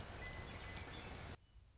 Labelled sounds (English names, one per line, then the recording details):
Western Meadowlark
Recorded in Sonoma County, California